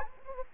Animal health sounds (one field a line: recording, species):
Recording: mosquito wingbeat signal from an infrared sensor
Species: Anopheles gambiae